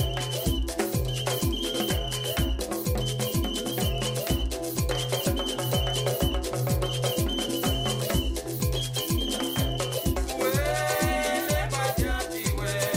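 Loud music fills a noisy Luanda street, driven by a steady, fast beat with punchy low bass thumps about twice a second. Sustained bright tones and a busy melodic layer run over it, and the level stays constant throughout.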